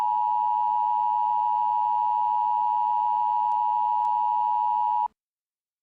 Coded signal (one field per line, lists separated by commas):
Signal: Emergency Alert System (SAME) tones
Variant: 853 and 960 Hz attention tone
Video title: EAS Alerts from August 21, 2017 (EAS #200-202)